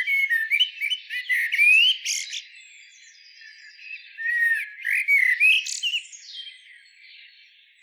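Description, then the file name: Eurasian blackbird singing two phrases: fluting downslurred whistles building to a sharp, scratchy high squeal, separated by a quiet pause. "Turdus merula"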